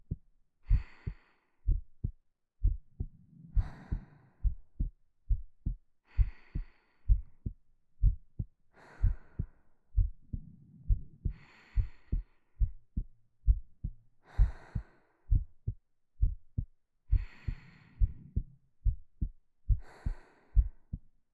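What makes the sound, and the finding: Heartbeat (ASMR). Normal heartbeat.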